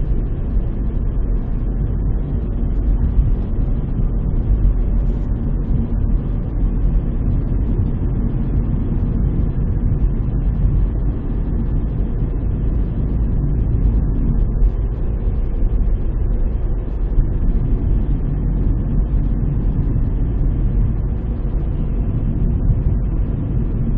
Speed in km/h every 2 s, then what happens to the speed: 46, 47, 47, 46, 43, 42, 43, 44, 44, 43, 43, 44.
0-24 steady at about 44.